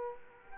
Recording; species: mosquito wingbeat signal from an infrared sensor; Aedes aegypti